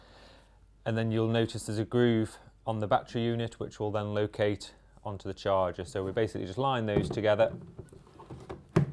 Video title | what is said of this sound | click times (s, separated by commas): Unboxing and Preparing to Mow: Allett Stirling | as we press those into position that will just lock securely ready for charging | 8.8 s